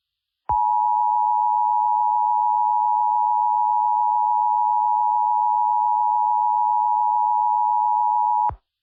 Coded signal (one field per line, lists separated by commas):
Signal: Emergency Alert System (SAME) tones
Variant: 853 and 960 Hz attention tone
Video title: If An EAS Gets Issued Before A Warning Gets Issued On A Marginal Risk Day